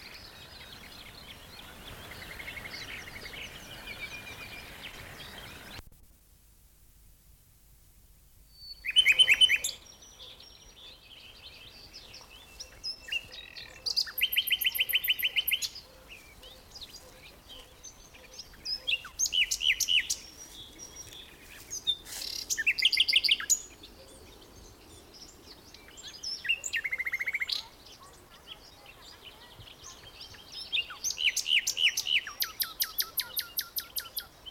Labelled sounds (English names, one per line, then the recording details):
Common Nightingale
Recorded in the wild
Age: adult
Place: Karower Teiche, Naturpark Barnim, Berlin, DE
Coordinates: 52.622, 13.46
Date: 1992-05-16 10:01
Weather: sonnig, 17-22°C
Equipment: Nagra SN, Mikrofon AKG CK 8, Kopie Tesla B 116
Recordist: Tembrock, Günter